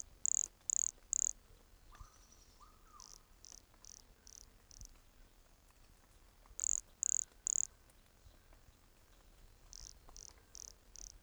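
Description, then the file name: Brachycephalus sulfuratus calls: bursts of three short, very high chirping notes, later runs of fainter high notes repeated in quick series, over a soft steady hiss. Recorded at Entroncamento, Teba, in January 2020, 20 cm from the microphone. "Brachycephalus sulfuratus Entroncamento Teba 20 cm from microphone LFR JAN-2020"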